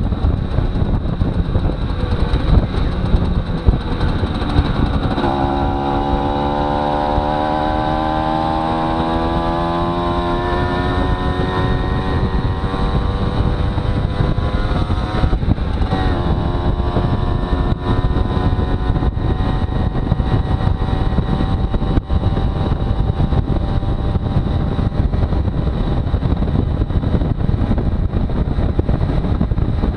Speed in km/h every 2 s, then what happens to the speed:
34, 26, 25, 29, 34, 35, 37, 39, 41, 42, 43, 43, 44, 44, 45.
0-2 brakes to 26. 4-17 speeds up to 42. 17-30 steady at about 43.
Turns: none.